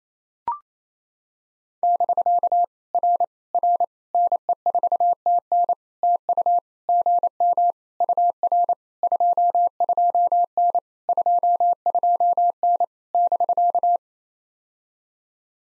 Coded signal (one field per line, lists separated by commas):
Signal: Morse code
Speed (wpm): 28 wpm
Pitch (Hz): 700 Hz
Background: none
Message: <BK> R R NE4TN TU GM UR 22N 22N <BK>